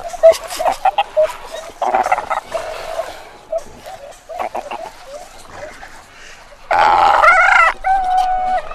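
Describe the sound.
Antarctic fur seal calls: scattered harmonic bleats and grunts, then a loud, drawn-out wavering cry near the end, followed by a shorter tonal call.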